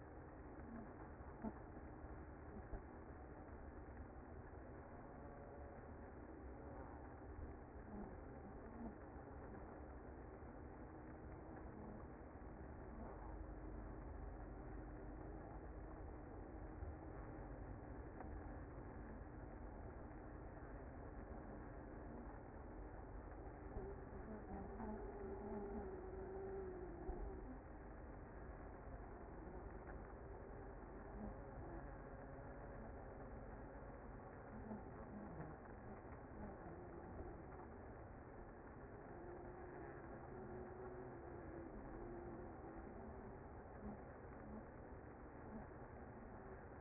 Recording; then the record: honeybee colony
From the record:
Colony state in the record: active